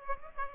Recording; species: mosquito wingbeat signal from an infrared sensor; Aedes aegypti